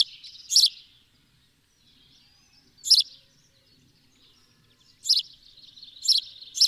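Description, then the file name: House sparrow chirping: five bright, abrupt cheeps, with quiet twittering between them and a near-silent stretch in the middle. "Passer domesticus"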